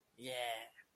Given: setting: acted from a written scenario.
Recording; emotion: vocal sound without words; triumph